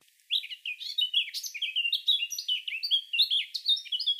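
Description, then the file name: Eurasian blackcap warbling: a continuous, fast jumble of varied chattering and slurred notes running throughout, with no other sounds. "Sylvia atricapilla"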